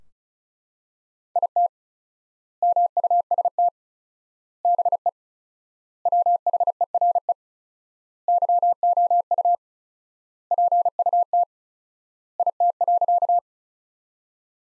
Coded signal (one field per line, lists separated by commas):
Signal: Morse code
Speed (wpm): 36 wpm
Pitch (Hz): 700 Hz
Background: none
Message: IT MUST BE WHERE YOU PUT IT.